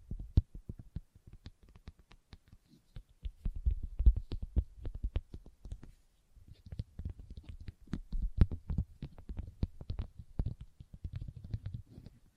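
Leather being tapped and scratched, with dense, irregular clicks and taps arriving several times a second over a soft, low rubbing. The activity runs almost continuously, pausing briefly around the six-second mark before resuming with the same busy, uneven rhythm.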